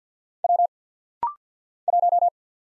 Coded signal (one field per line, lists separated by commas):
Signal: Morse code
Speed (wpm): 49 wpm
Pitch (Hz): 700 Hz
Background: none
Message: W 1